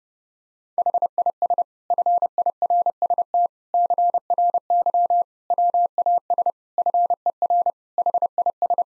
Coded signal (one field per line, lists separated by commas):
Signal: Morse code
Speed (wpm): 30 wpm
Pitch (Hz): 700 Hz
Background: none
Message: HIS FIRST CRY WAS FER HIS